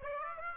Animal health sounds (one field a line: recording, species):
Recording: mosquito wingbeat signal from an infrared sensor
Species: Aedes aegypti